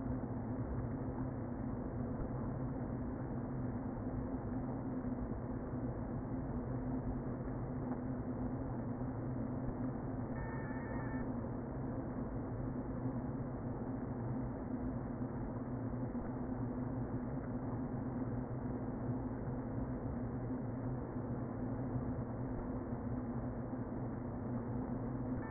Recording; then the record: honeybee colony, microphone inside the hive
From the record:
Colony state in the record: queen present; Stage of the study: before two queens were removed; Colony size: about 60,000 bees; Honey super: yes